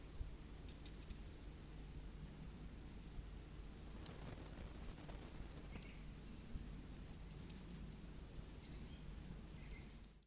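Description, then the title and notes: Eurasian blue tit song opens with a high note and a falling rapid trill, followed by short high two- or three-note phrases repeated every few seconds, with soft background noise. "Cyanistes caeruleus (Linnaeus, 1758). Birdsong of the blue tit"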